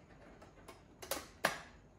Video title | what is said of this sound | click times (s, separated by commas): Baa Baa Bubbles Unboxing - the Bubble Blasting Sheep Game - Beware of the Bubble Blast! - Awesome Fi | that's it that's a click | 1.4 s